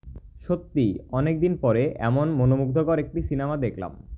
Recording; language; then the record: elicited speech; Bengali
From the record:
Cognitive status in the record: cognitively healthy